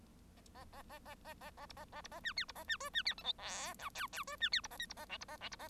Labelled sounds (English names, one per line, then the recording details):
Bengalese Finch song
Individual Bird1